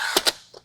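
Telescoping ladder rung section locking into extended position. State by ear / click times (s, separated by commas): seated / 0.2 s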